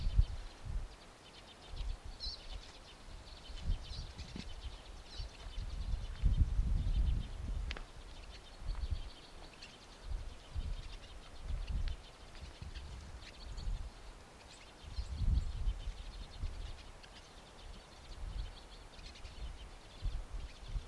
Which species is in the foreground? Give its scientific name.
Spinus pinus